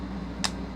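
A small push button on a plastic lipstick case is pressed, and the lipstick bullet pops out at the bottom with a single sharp tick at 0.5 s. The lipstick is released from its push-button case, against a steady low hum.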